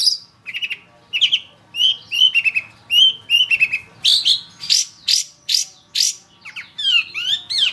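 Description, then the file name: Long-tailed shrike song, a varied string of short whistled and chirping notes, some slurred and rising, delivered in quick repeated phrases with little pause. Indonesian cendet song; training recording for songbird keepers, a master track. "cendet-master -omkicau"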